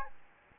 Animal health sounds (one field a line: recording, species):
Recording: mosquito wingbeat signal from an infrared sensor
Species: Aedes aegypti